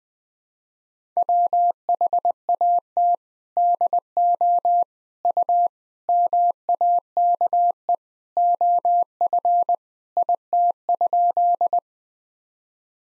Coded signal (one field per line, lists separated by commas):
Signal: Morse code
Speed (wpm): 20 wpm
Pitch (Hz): 700 Hz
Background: none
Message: WHAT DO U MAKE OF IT?